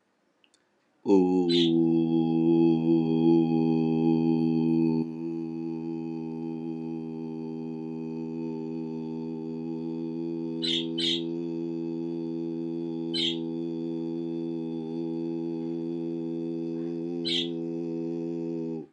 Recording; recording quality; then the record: sustained vowel as in boot; moderate, slight background noise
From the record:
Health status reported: healthy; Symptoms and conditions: hypertension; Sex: male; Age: 48 years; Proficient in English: yes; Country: India